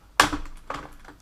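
Plastic retaining lugs holding a laptop's plastic top casing in the base are worked free around the edge, giving a sharp loud click at 0.2 s and a second, quieter click at 0.7 s, with faint ticks afterward. The lugs release and the top casing comes off.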